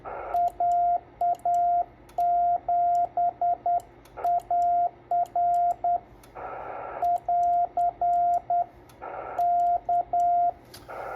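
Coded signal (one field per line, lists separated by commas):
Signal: Morse code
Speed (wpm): 10 wpm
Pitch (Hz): 700 Hz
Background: radio noise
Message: AA7AR <AR> K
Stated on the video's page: Morse sent from an FT-897 with its keyer at 5 watts, a 10 WPM CQ that went unanswered.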